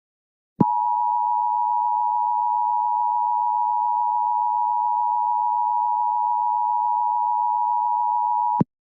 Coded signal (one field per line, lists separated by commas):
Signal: Emergency Alert System (SAME) tones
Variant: 853 and 960 Hz attention tone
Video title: EAS Scenario: Civil Danger Warning GoreBox